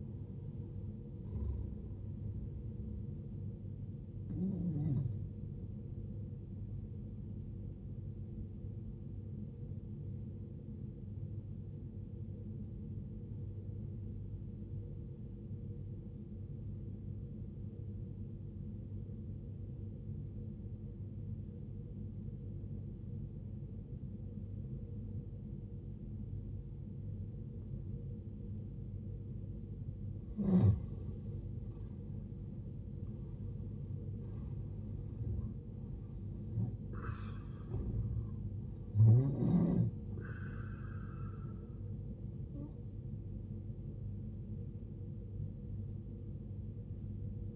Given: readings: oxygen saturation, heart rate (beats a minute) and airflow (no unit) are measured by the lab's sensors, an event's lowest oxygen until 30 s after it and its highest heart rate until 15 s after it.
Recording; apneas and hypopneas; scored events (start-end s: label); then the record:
breathing in sleep by a smartphone at the bedside; 1
13.00-29.20 s: obstructive apnea (N1, oxygen 93% highest, then 82% lowest, heart rate 50 at the start, 71 highest)
From the record:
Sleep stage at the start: N1 (lightest sleep); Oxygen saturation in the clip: 79 to 93%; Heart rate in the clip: 50 to 81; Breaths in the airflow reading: 6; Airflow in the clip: -12.0 to 14.7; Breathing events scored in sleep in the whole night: 389 in 6.3 hours asleep